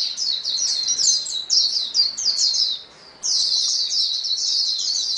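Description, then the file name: White-eye: high, rapid twittering from several white-eyes, which pauses briefly near three seconds and then returns as a dense, unbroken chatter. Chorus of many white-eyes singing together. "paduan suara pleci"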